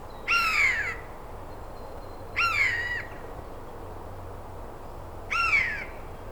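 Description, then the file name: Eurasian jay calling three times, each a rasping, slightly falling nasal note under a second long, separated by quiet hiss. "Garrulus glandarius"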